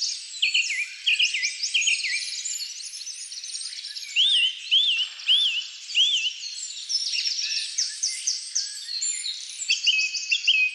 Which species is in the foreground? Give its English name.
Song Thrush